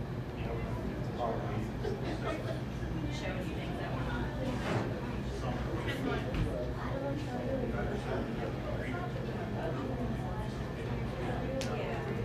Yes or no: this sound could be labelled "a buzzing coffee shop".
yes